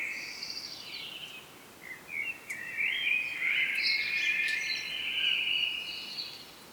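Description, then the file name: Common blackbird song: high thin notes open into one long, rich warbled phrase with squeaky flourishes, against faint steady hiss. "Turdus merula"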